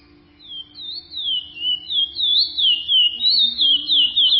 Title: Canto De Curio